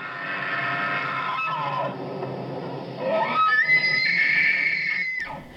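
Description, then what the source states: Elk bugle: a lower harmonic sound gives way to a rising whistle that climbs steeply and is held high before breaking off abruptly. Bull elk bugling in the mating season to discourage competitors and mate with many females; larger bulls call deeper; dusk, aspen grove, Caribou Ranch near Peak to Peak Highway north of Nederland.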